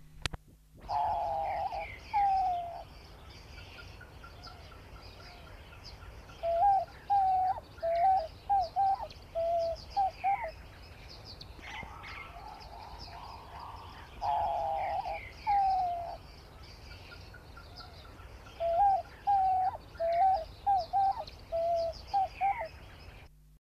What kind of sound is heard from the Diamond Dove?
call